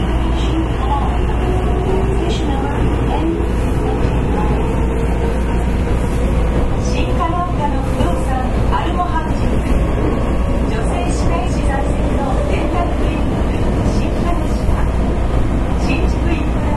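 A Kita-Osaka Kyuko 9000 series train on the Midosuji subway line runs with a steady low rumble, faint voices and brief squeals throughout.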